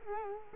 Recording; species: mosquito wingbeat signal from an infrared sensor; Culex quinquefasciatus